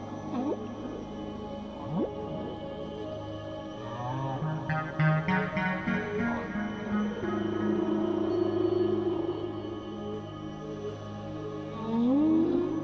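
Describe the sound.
Whale moans and rising, swooping cries set against steady sustained musical tones, with a burst of rapid pulsed sounds midway.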